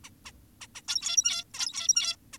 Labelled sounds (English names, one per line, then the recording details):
Zebra Finch
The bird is an adult
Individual g17y2U